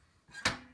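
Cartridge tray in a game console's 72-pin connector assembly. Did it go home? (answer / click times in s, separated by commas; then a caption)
no / none. With its screw deliberately over-tightened, the cartridge tray in a game console's 72-pin connector assembly is pushed down and springs back up instead of locking, which is the wrong behaviour. A faint rubbing sound starts around 0.3 s, then a sharp knock at 0.5 s fades out. Nothing has locked or clicked into place yet.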